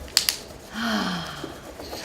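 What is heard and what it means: A plastic cap is snapped onto a marker body and seats with a sharp click at 0.2 s, followed by a second, softer click at 0.3 s. Someone then talks briefly.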